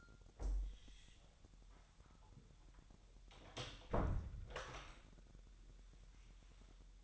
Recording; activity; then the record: daily activity, microphone in the room; close door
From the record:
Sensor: 3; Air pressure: 1001.2 hPa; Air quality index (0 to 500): 249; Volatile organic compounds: 175 ppm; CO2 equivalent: 4123 ppm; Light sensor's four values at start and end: 12/29/12/12 and 12/28/12/12